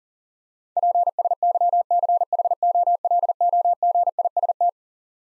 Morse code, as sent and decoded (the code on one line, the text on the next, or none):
.--. ... -.-- -.-. .... --- .-.. --- --. .. ... -
PSYCHOLOGIST